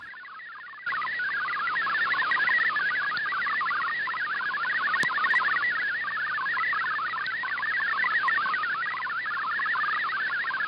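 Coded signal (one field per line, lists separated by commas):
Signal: multi-tone FSK (Olivia or MFSK type)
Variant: MFSK64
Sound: fast burbling stream of hopping tones, like rapid warbling chirps, over steady hiss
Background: radio static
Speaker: this message was delivered with html tags that means we'll have a message suitable for viewing in a web browser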